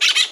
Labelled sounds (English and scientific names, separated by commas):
Brown-throated Parakeet (Eupsittula pertinax) contact call